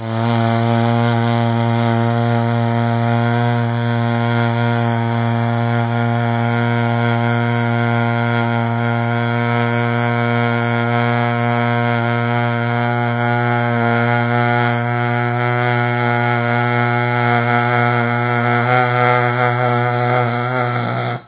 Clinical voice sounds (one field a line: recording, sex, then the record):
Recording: sustained vowel /a/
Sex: male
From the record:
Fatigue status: no fatigue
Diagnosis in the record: COVID-19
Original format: 3gp